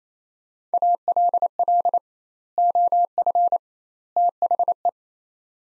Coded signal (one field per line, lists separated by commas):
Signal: Morse code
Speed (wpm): 27 wpm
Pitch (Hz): 700 Hz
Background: none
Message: ALL OF THE